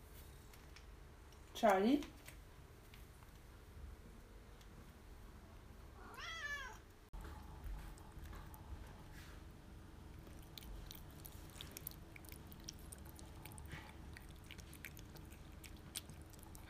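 A kitten gives a loud, rising meow at about two seconds, followed by a softer, wavering meow near six seconds. After that, a low steady hum fills the rest of the clip, with scattered small clicks and rustles.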